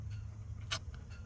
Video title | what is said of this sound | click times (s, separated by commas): Replacing a Toyota AC/Heater Blend Door Control Damper Motor Servo Gearbox | then it as someone else said on YouTube it does kind of Click into place but it's just you know | 0.7 s